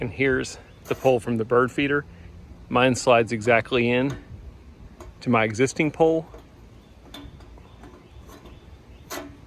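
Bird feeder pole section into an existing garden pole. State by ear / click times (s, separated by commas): seated / 7.1 s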